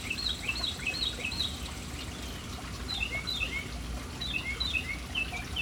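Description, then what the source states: Bird chirps, two lively bursts of bright, slurred high notes separated by a short lull, with steady water noise throughout. Birds in a city, hanging around a fountain in an urban setting.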